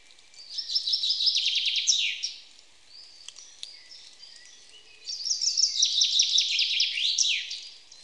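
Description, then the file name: Common chaffinch singing two full phrases, each a rattling series of notes closing with a downward flourish, with faint bird notes between. "Fringilla coelebs"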